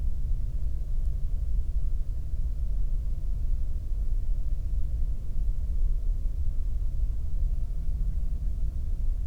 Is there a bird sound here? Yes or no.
no